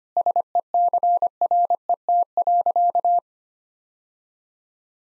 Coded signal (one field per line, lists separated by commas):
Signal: Morse code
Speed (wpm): 25 wpm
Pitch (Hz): 700 Hz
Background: none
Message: SECRET.